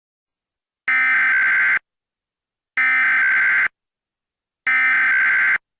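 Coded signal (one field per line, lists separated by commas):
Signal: Emergency Alert System (SAME) tones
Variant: header bursts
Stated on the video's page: Fictional EAS scenario demo with siren audio.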